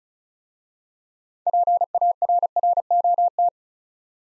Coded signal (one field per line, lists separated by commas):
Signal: Morse code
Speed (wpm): 36 wpm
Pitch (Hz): 700 Hz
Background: none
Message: PARROT